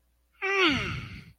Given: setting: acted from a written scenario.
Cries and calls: vocal sound without words; serenity

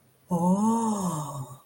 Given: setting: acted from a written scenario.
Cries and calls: vocal sound without words; awe

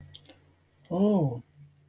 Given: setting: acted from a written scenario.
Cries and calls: vocal sound without words; pride

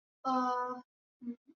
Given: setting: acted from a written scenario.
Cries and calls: vocal sound without words; disappointment

